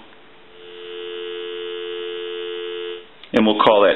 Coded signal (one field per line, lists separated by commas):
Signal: telephone call progress tone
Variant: North America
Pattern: dial tone